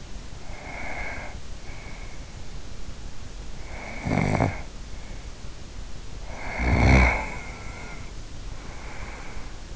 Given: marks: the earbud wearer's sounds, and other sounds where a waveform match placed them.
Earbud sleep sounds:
sounds in sleep by an in-ear microphone; breath, snoring breath
0.40-2.69 s: breath
3.60-4.99 s: snoring breath
5.96-9.76 s: snoring breath

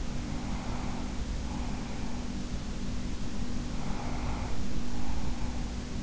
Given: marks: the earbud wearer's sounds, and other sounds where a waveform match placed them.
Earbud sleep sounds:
sounds in sleep by an in-ear microphone; breath
0.19-2.34 s: breath
3.70-5.85 s: breath

